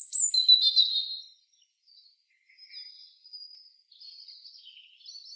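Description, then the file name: European robin song opening with a loud, high trilled phrase, then quieter thin drawn-out whistles and soft twittering notes. "Erithacus rubecula"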